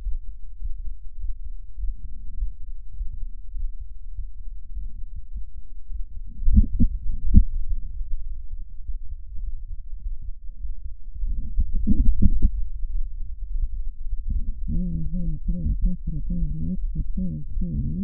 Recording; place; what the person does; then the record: lung sounds by stethoscope; left anterior apical chest; quiet breathing, then cough and speech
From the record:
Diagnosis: interstitial lung disease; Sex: female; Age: 70 years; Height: 160 cm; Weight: 93 kg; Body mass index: 36.3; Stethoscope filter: bell mode